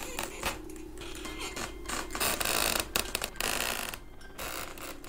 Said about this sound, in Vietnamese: Tiếng kẽo kẹt vẫn cứ vang lên. Dường như là cái ghế nó đang tự có người đưa vậy.